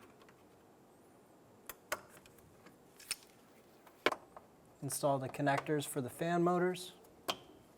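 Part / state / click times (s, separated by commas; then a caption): wiring harness connector into radiator cooling fan motor / seated / 7.3 s. A wiring harness connector is pushed onto a radiator cooling fan motor on a 2003-2007 Infiniti G35 during reassembly after an alternator replacement. Someone talks, and a few faint ticks and knocks come earlier in the clip. The connector seats with one sharp tick-like click at 7.3 s.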